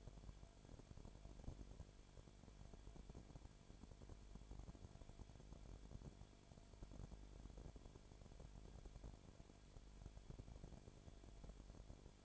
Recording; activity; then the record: daily activity, microphone in the room; no activity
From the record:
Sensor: 5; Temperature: 19.9 degrees Celsius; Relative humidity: 35.5%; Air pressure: 1003.4 hPa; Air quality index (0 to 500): 58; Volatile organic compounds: 1 ppm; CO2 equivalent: 639 ppm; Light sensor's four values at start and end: 2/3/1/1 and 2/3/1/1